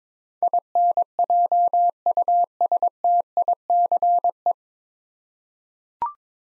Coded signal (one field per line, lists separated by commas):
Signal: Morse code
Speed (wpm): 22 wpm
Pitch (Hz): 700 Hz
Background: none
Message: INJUSTICE